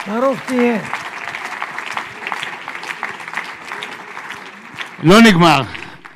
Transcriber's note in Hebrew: הקהל מוחא כפים